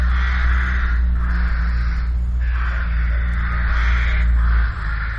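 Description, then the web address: Crow caws, several long, scratchy calls separated by short pauses, accompanied by a loud steady low hum. Holophonic recording. "olofonia Craws"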